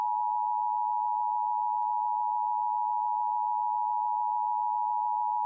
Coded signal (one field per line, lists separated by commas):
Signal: Emergency Alert System (SAME) tones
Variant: 853 and 960 Hz attention tone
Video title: (WOLF) National EAS Test (9/27/17)